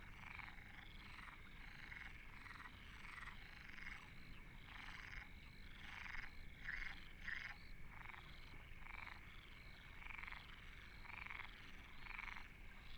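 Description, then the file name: Frog chorus of rapid rattling croaks in quick bursts throughout, over a steady background hum. Frogs at Deltebre in the Ebro Delta. "Postpaisatge Granotes Deltebre"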